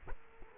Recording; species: mosquito wingbeat signal from an infrared sensor; Culex quinquefasciatus